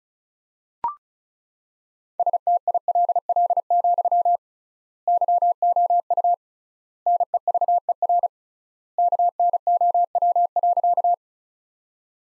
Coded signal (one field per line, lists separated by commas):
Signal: Morse code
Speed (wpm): 36 wpm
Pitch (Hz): 700 Hz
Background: none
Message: STILL, YOU NEVER KNOW.